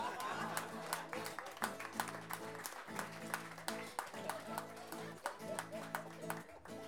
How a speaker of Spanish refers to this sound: Un aplauso para ellos y que viva el Open Men.